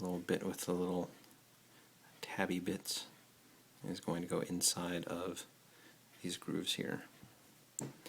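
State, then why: Seated. Small plastic tabs on the wrist piece of a printed Kreon Combiner Upgrade toy hand are pushed into the grooves of the main section while someone talks. A sharp snap at 7.8 s marks the tab popping into its groove, seating the wrist joint in place.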